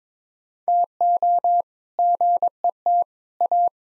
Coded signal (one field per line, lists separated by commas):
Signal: Morse code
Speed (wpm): 22 wpm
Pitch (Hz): 700 Hz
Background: none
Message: TO GET A